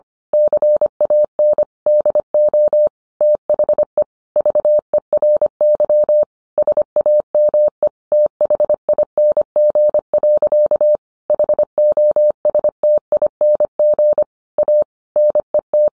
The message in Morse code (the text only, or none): CAN DO THE VERY SAME THING. HOSTING A NET